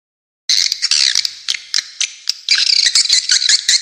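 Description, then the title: Swiftlet chirping calls, dense high twittering chatter with sharp clicks, rising into a busy overlapping chorus after a brief silent start. "Suara Walet"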